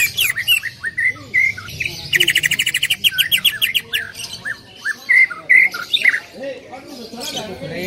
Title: CUCAK IJO BETINA GACOR HIPER MEMANGGIL JANTAN